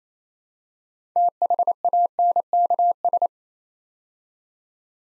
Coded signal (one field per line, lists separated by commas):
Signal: Morse code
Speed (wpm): 28 wpm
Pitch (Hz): 700 Hz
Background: none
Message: THANKS